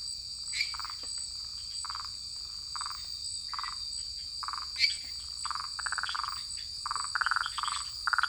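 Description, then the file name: Tree frogs giving short, nasal croaks, joined near the end by fast clicking trills, over a constant high-pitched insect hum. Recorded in French Guiana; the source names a lesser treefrog and an unidentified tree frog. "Guyane rainette-menue-et-non-idenfiée"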